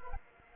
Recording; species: mosquito wingbeat signal from an infrared sensor; Anopheles arabiensis